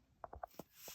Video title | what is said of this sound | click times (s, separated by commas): Amazon ZMISHIBO 48 inch Ceiling Fans with Lights and Remote:APP Control | There, it's snapped into place without the screws. | 0.2 s